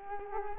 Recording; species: mosquito wingbeat signal from an infrared sensor; Culex quinquefasciatus